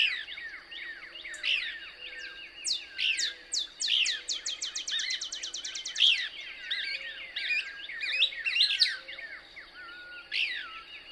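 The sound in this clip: Couch's Kingbird calling, with dense high twittering and a rapid series of sharp ticks in the first half, then scattered slurred notes and faint whistles.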